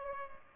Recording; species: mosquito wingbeat signal from an infrared sensor; Aedes albopictus